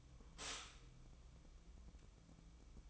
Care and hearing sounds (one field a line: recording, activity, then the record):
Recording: daily activity, microphone in the room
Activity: stop toaster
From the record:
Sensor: 1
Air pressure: 1007.2 hPa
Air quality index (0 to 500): 75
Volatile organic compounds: 1 ppm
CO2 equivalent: 661 ppm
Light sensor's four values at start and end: 7/17/7/7 and 7/17/7/7